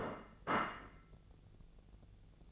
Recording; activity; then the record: daily activity, microphone in the room; place plate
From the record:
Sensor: 4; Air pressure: 1001.0 hPa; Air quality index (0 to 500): 143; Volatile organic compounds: 2 ppm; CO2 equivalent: 1056 ppm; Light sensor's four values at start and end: 26/63/26/28 and 26/64/26/28